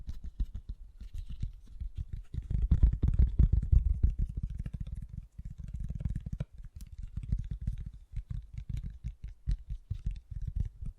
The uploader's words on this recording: ASMR Fast & Gentle Tapping for Sleep 1 Hour (No Talking).